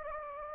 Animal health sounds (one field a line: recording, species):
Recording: mosquito wingbeat signal from an infrared sensor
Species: Anopheles gambiae